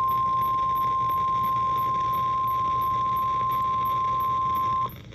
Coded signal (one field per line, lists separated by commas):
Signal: Emergency Alert System (SAME) tones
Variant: 1050 Hz attention tone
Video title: TOR On 106.5 The End EAS #615